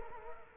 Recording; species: mosquito wingbeat signal from an infrared sensor; Culex quinquefasciatus